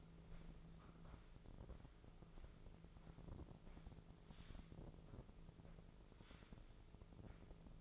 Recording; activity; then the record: daily activity, microphone in the room; walk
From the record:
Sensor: 5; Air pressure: 1005.6 hPa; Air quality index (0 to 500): 90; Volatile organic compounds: 2 ppm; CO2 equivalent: 1099 ppm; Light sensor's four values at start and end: 33/76/30/29 and 33/76/30/28